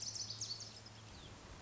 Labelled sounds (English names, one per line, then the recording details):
Lazuli Bunting
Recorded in Sonoma County, California